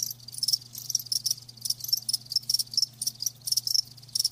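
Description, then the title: Crickets giving sharp high chirps, closely spaced pulsed bursts repeating steadily, with a quiet low drone in the background. Crickets chirping, presented as lulling sleep sounds. "Live Crickets Chirping"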